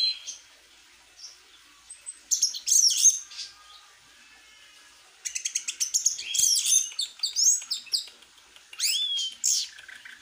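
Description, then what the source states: Orange-headed thrush singing varied phrases of sharp chirps, rapid series and upslurred whistles, broken by short pauses. Singing vigorously, described as champion-class.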